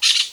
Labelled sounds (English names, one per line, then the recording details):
Brown-throated Parakeet contact call
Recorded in Venezuela
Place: Guárico; Corozopando; Fundo La Fe
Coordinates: 8.506, -67.593